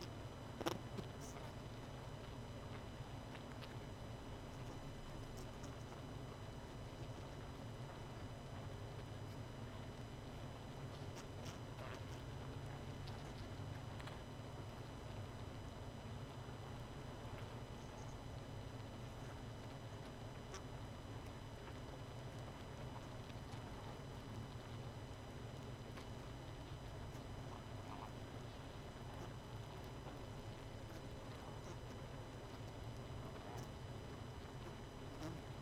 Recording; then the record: honeybee colony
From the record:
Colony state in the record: missing queen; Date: 31 May 2018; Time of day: 20:07